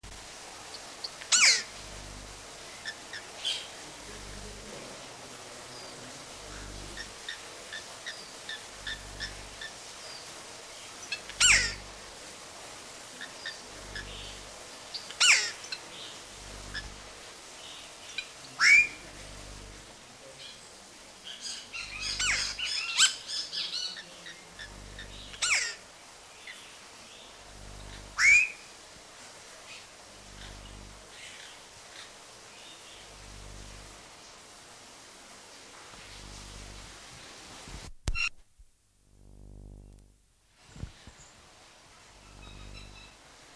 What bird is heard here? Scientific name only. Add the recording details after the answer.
Cacicus cela. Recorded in captivity. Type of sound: call. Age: adult. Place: Zoo Berlin, Berlin, DE. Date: 1997-11-15 11:48. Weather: overcast, light rain shower, 5°C. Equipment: Nagra SN, Kopie Uher 4000 Report Monitor. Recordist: Tembrock, Günter